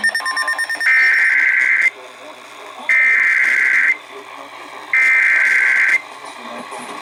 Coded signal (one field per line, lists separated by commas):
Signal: Emergency Alert System (SAME) tones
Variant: header bursts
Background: speech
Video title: MOUNTAIN VIEW... EAS Alerts from 5/3/22 (EAS #6,789 - 6,800)